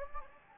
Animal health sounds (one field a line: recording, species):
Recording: mosquito wingbeat signal from an infrared sensor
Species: Anopheles gambiae